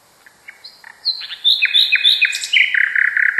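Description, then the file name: Common nightingale song: scattered high whistled notes and slurs building into a loud, fast rattling trill at the end. Song variation. "kicauan-nightingale-a-variasi 5-omkicau"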